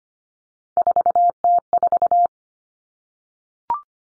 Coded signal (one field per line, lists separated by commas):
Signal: Morse code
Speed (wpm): 25 wpm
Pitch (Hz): 700 Hz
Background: none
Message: 4T4